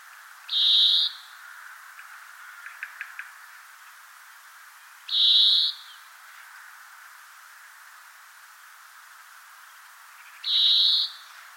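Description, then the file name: European greenfinch repeating a level, buzzy wheeze about every five seconds, three times, with a few faint clicks between calls. "Chloris chloris"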